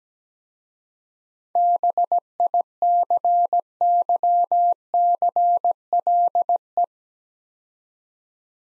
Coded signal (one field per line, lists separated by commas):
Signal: Morse code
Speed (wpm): 17 wpm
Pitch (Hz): 700 Hz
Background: none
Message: BICYCLE